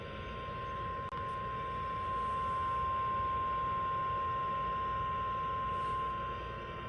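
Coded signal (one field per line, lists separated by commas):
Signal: Emergency Alert System (SAME) tones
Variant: 1050 Hz attention tone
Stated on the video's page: Severe thunderstorm warning SAME tones on weather radio station WXM72.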